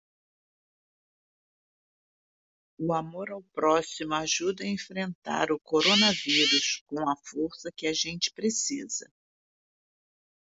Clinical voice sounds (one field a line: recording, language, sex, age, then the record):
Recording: spoken sentence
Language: Brazilian Portuguese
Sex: female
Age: 60 to 69 years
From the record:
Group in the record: control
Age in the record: 68 years